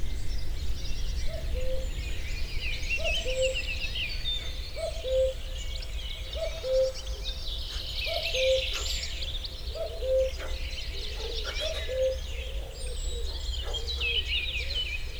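Outdoor soundscape of busy bird chatter over a low rumble, with a short mid-pitched note repeating steadily about every second and a half.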